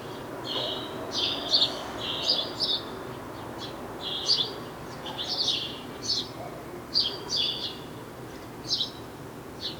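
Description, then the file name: House sparrow chirping persistently, short bright chirps in quick pairs and clusters, with a faint steady hiss behind. "Passer domesticus"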